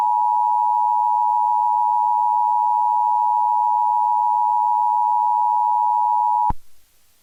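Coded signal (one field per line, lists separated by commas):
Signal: Emergency Alert System (SAME) tones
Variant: 853 and 960 Hz attention tone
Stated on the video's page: Fake EAS alert, made up and based on the films A Quiet Place and A Quiet Place 2; not real.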